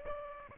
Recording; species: mosquito wingbeat signal from an infrared sensor; Aedes aegypti